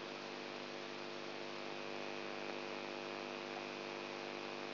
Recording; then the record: brain microelectrode recording played as sound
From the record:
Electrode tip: outside the subthalamic nucleus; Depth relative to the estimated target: -5 mm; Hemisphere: right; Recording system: AlphaMap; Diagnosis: Parkinson's disease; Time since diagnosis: 20 years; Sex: female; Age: 64 years